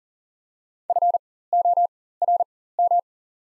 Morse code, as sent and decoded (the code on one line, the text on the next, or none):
..-. --- .-. --
FORM